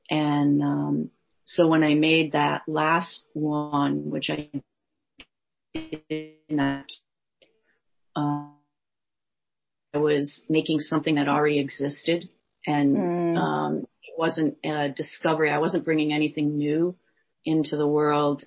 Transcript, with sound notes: And so when I made that last one, which I (audio cuts out) I was making something that already existed, and it wasn’t a discovery, I wasn’t bringing anything new into the world.